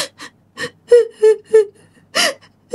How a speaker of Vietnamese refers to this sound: dì Năm mới nghe tiếng khóc thút thít